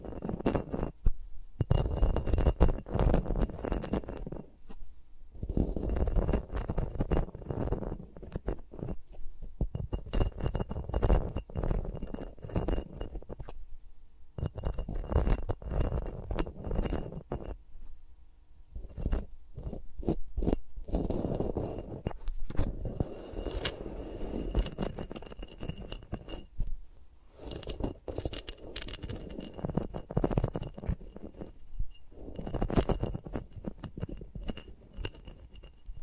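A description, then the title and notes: Fingers rub and scratch around the microphones in bursts of dense, crackly friction, with short pauses and quieter gaps between them. The textured scraping and tapping returns every few seconds, its low thumps and brighter scratches shifting as the movement changes, and no voice is heard. ASMR with Mics Around My Fingers (No Talking).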